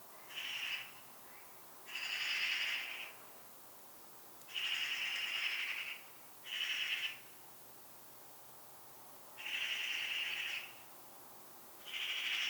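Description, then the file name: Eurasian magpie calling repeatedly with coarse, scratchy notes of varying length, six calls over about twelve seconds, irregularly spaced. "Pica pica"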